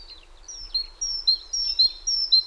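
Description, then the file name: Great tit song: brief clear phrases with a high whistle dropping to a lower note, repeated a few times after a softer broken start. "Parus major"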